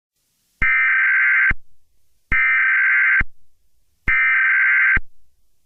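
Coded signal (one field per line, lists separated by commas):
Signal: Emergency Alert System (SAME) tones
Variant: header bursts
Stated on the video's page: Fictional EAS scenario, not a real alert.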